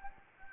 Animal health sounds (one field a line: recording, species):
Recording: mosquito wingbeat signal from an infrared sensor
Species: Anopheles gambiae